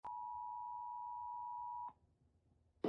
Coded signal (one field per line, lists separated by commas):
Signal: Emergency Alert System (SAME) tones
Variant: 853 and 960 Hz attention tone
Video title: EAS Remake: Severe Thunderstorms in SC